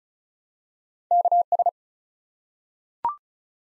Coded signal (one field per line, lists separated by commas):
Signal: Morse code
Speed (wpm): 36 wpm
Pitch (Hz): 700 Hz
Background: none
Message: KS